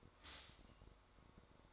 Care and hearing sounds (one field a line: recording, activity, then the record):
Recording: daily activity, microphone in the room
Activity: stop toaster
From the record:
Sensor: 3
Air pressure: 1004.2 hPa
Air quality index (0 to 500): 201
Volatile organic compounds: 15 ppm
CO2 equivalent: 2519 ppm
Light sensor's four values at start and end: 4/11/4/4 and 4/11/4/4